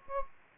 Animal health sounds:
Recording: mosquito wingbeat signal from an infrared sensor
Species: Anopheles gambiae

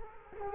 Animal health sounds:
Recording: mosquito wingbeat signal from an infrared sensor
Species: Culex quinquefasciatus

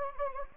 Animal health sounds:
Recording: mosquito wingbeat signal from an infrared sensor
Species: Anopheles gambiae

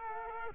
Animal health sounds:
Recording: mosquito wingbeat signal from an infrared sensor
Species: Culex quinquefasciatus

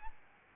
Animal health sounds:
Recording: mosquito wingbeat signal from an infrared sensor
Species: Aedes albopictus

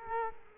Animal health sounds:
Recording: mosquito wingbeat signal from an infrared sensor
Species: Culex quinquefasciatus

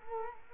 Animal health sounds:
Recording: mosquito wingbeat signal from an infrared sensor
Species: Culex quinquefasciatus

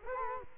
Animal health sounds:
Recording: mosquito wingbeat signal from an infrared sensor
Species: Culex quinquefasciatus

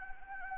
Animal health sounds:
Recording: mosquito wingbeat signal from an infrared sensor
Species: Anopheles gambiae

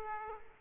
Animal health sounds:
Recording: mosquito wingbeat signal from an infrared sensor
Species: Aedes aegypti

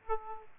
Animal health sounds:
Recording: mosquito wingbeat signal from an infrared sensor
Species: Aedes aegypti

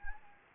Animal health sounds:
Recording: mosquito wingbeat signal from an infrared sensor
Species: Anopheles gambiae

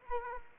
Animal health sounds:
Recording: mosquito wingbeat signal from an infrared sensor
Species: Anopheles arabiensis

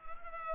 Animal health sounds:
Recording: mosquito wingbeat signal from an infrared sensor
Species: Culex pipiens

